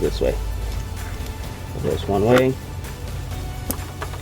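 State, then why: Seated. A multi-pin wiring harness connector is pushed into the socket of an X-Gen Auto 5 Gem projector headlight housing for a 2018-2020 Honda Accord, while someone talks over background music. A sharp click at 3.7 seconds marks the connector seating in place.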